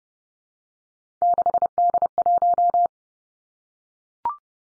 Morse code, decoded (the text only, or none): 6D1